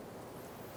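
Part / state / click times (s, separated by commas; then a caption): wiring harness connector into power window motor / not seated / none. A plastic wiring harness connector is handled at the power window motor of a 2014-2018 Chevrolet Silverado 1500 during front window motor and regulator replacement. Only steady low background noise is heard, with no distinct click. Nothing has seated or clicked yet.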